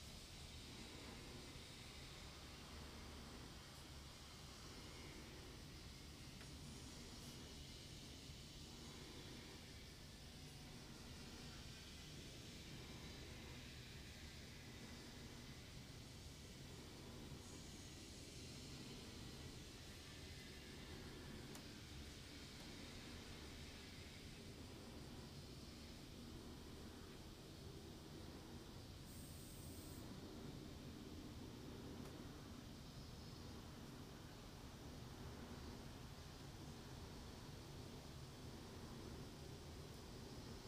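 A garden recorded while a washing machine runs, with cicadas making it noisy. A dense, unchanging low rumble fills all 41 seconds under a constant bright hiss, and a short, sharp high buzz stands out around the 29-second mark.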